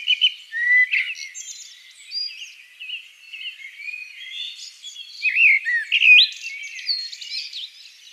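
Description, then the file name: Common blackbird song: a loud fluty opening, a quieter run of soft warbles, then a second bright whistled phrase with high twittering. "Turdus merula"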